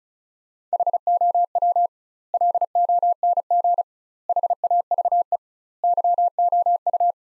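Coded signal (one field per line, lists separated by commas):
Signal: Morse code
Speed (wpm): 34 wpm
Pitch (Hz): 700 Hz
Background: none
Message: HOW LONG HAVE YOU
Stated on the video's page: Morse practice sentences built from the 200 most common words, sent at 35 wpm with double word spacing, a word-level analogue of Farnsworth spacing.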